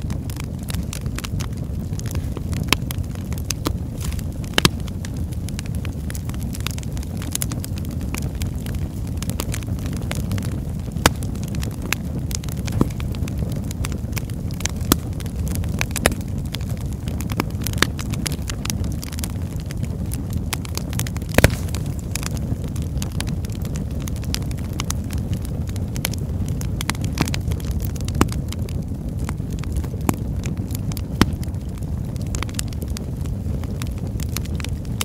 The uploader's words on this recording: Fireplace Sound. Natural crackling sounds.